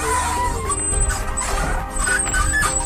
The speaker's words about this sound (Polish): To ja może opiszę sytuację. Jedziemy właśnie na wózku transportowym, który piszczy i trzeszczy.